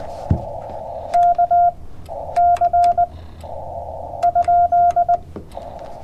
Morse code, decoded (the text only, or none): K C ?